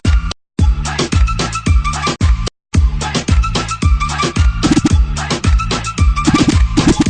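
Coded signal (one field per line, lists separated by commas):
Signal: none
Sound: beeps in a music mix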